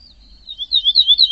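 Bird giving a thin, high whistle followed by a series of quick, rising and falling chirps.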